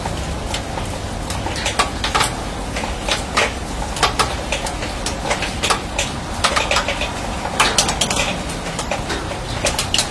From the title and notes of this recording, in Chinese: 乡村晨雨【一小时纯音】- 在迷雾中被雨水唤醒的清晨、倾听远方鸟鸣。雨水滴落在钢铁顶棚。